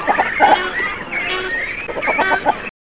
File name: Cormorano comune